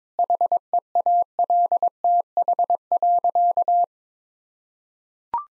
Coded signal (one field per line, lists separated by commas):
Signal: Morse code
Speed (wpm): 21 wpm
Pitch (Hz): 700 Hz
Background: none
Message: HEALTH.